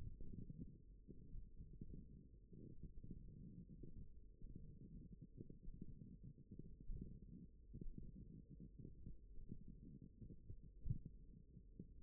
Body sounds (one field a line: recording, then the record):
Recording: forearm muscle sounds (acoustic myography)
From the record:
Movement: ulnar deviation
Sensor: system 1, eight BSWA MPA416 microphones around the upper forearm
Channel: 4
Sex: male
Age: 42 years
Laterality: right